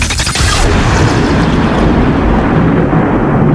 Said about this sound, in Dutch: It's the storm. It's just the storm.